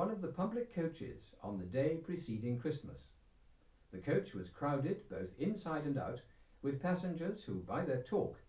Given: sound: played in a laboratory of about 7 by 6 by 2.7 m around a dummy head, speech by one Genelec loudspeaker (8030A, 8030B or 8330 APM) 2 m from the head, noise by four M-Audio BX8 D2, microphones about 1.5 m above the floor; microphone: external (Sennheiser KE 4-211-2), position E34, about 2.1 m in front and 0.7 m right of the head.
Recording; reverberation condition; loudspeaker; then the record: male speech in English; low; 60 degrees to the left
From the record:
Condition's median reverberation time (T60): about 310 ms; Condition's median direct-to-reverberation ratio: about 3.5 dB